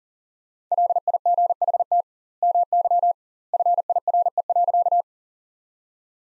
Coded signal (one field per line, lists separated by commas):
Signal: Morse code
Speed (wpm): 40 wpm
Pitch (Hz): 700 Hz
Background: none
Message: LIGHT MY FIRE.